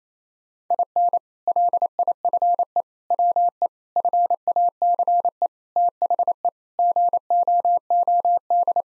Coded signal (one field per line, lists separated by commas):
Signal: Morse code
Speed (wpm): 28 wpm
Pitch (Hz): 700 Hz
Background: none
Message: IN LIFE WE FACE THE GOOD